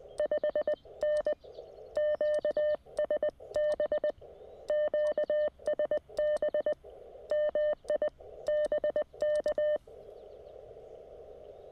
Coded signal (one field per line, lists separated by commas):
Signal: Morse code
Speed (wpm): 20 wpm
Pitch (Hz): 600 Hz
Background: none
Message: 5N QSB QSB MI BK